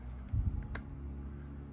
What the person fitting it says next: and it just snapped in place